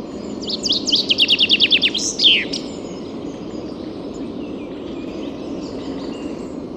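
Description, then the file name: Common chaffinch song: a quick cascade of sharp repeated notes ending in a descending flourish, followed by several seconds of quiet hiss with faint bird sounds. "Fringilla coelebs"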